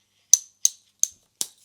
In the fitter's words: It's very quick to open, and listen to these nice clicks here.